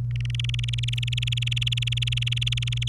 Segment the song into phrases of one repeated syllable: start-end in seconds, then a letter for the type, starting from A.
0.16-2.89 A